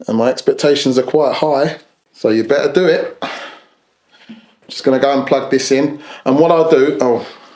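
A lens or accessory is being handled and fitted onto the mount of a small mirrorless camera body while someone talks. Faint handling sounds fall in the pauses between speech, and the part has not seated or clicked yet by the end of the clip.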